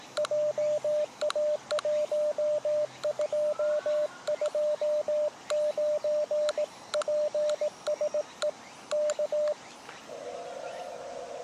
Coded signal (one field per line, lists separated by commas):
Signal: Morse code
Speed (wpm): 18 wpm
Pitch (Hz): 600 Hz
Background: radio noise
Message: JA1229 PSE K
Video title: 秋の気配？ CQ POTA 公園から初心者CW 移動運用 18WPM まだまだ暑い 日中コンディション回復？ JA-1229 砧公園 2023/09/10 アマチュア無線 VLOG 319